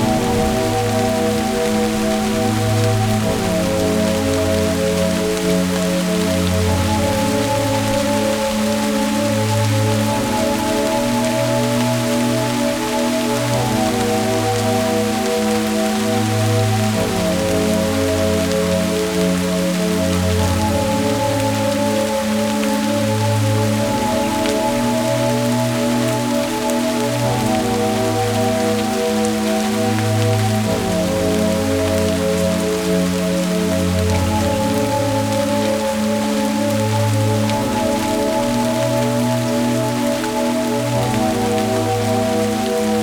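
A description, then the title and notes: A soft, steady rain hiss fills the whole recording, dense and unchanging from start to finish. Beneath it a slow, gentle melody of low sustained tones moves in an even, repeating pattern, with brighter held notes above drifting in and out every few seconds. A tranquil melody and peaceful rain sounds. Soft Rain Ambient by SoundsForYou. Natural Thunder by SoundsForYou.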